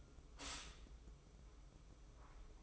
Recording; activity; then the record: daily activity, microphone in the room; stop toaster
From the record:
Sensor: 1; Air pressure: 995.3 hPa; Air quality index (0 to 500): 25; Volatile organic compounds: 1 ppm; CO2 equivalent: 506 ppm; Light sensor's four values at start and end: 17/58/21/23 and 17/58/21/23